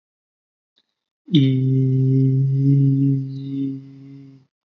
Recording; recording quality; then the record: sustained vowel as in beet; excellent, no background noise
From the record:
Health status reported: healthy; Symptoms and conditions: none ticked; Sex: male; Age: 22 years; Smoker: not ticked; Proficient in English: yes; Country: India